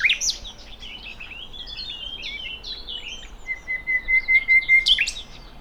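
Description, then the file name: Common nightingale song: sharp high notes, a run of soft twittering phrases, then a long thin sustained whistle with loud notes near its end. "Luscinia megarhynchos"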